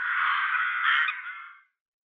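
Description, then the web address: Rook giving a single long, hoarse, rasping caw lasting under two seconds, then silence. "Schulze Peter Rook"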